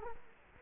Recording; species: mosquito wingbeat signal from an infrared sensor; Culex quinquefasciatus